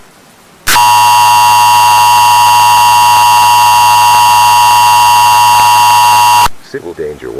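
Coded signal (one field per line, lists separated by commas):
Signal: Emergency Alert System (SAME) tones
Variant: 853 and 960 Hz attention tone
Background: speech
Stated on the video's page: Fictional EAS scenario remaster, not a real alert.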